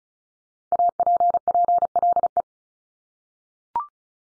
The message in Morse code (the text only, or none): APPLE